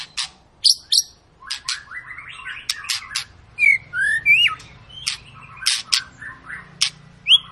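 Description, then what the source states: White-rumped shama song of sharp clicks and chips mixed with rising whistled slurs, delivered in spaced bursts with short pauses. Long lure song of a white-rumped shama in full, continuous song, used to make other birds sing.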